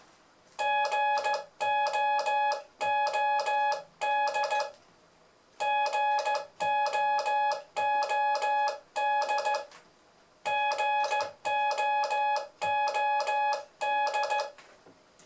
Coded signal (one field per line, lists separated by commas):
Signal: Morse code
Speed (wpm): 14 wpm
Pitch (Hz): 840 Hz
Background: none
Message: GOOD GOOD GOOD